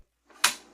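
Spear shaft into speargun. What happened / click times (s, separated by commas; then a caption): The metal shaft clicked into place / 0.4 s. A spear shaft is pushed fully into a speargun, and a sharp metallic click is heard at 0.4 seconds that rings out briefly over quiet handling noise. The shaft is seated in place.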